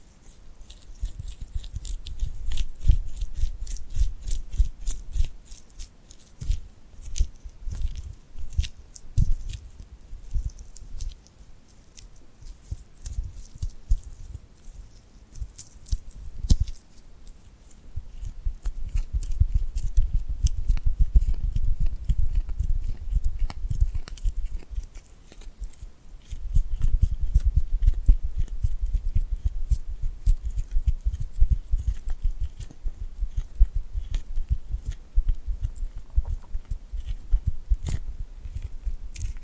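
Glued hand sounds: sticky, crackling peels and taps come in dense, irregular bursts throughout. Low thumps mark the busier stretches, especially around 20 to 24 seconds and after 27 seconds. Short quieter gaps fall near 11 and 26 seconds.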